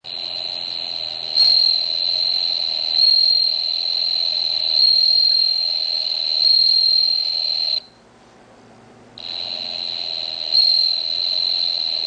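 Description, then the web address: Bell cricket song, a clear high ringing tone held almost continuously with slight swells, broken by one brief silent gap. Caged bell cricket singing in an insect cage. "kagoya sing suzumushi"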